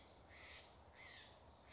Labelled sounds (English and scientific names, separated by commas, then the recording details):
White-breasted Nuthatch (Sitta carolinensis)
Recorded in Sonoma County, California